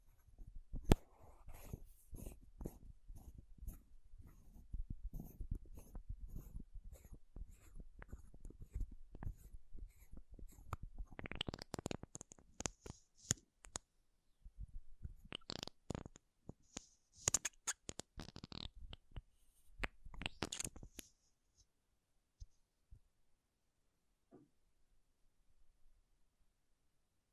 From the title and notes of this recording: ASMR MAKEUP TAPPING & SCRATCHING 3CE Unboxing (No Talking).